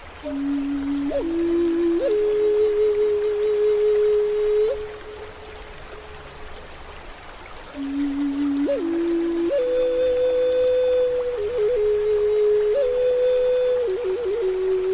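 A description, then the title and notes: A wooden flute plays slow, breathy held notes in a low-middle register, each phrase rising through a few steps with small bends and ornaments at the ends. A steady wash of falling water and rain runs underneath, filling the pause between the two phrases. Relax and meditate to the soothing Native American flute music complemented by the calming sounds of a waterfall and rain. The soothing melodies of the Native American flute, accompanied by the tranquil sounds of a gentle waterfall and rain.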